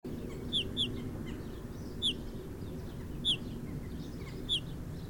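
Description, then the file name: Eurasian bullfinch giving clear, short descending piping whistles, a quick pair first, then single notes roughly every second, over a low constant rumble. "Pyrrhula pyrrhula"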